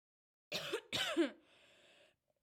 Coughing.